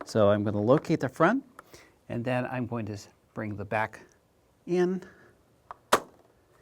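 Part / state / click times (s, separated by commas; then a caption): camera quick-release plate into tripod fluid head / seated / 5.9 s. A camera's quick-release plate is located at the front at an angle, then lowered at the back and pressed into the quick-release of a Sachtler V18/V20 fluid tripod head while someone talks. A faint tick at 5.7 s is followed by a sharp, solid click at 5.9 s as the plate seats, leaving the plate and camera securely locked onto the fluid head.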